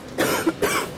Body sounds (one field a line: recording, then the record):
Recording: coughing mixed with background sound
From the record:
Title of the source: 31 night wet cough